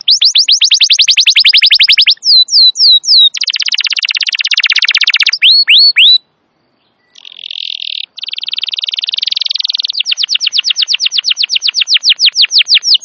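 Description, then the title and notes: Canary song alternating rapid high trills, dense buzzy rolls and sweeping whistles, with a brief pause near the middle before another buzzy roll and trill. Canary song described as long and very vigorous, used as a lure and master recording suited for training wild canaries. "Pikat Kenari GACOR PANJANG INI Cocok Untuk Masteran KENARI LIAR. Masteran burung kenari gacor parah"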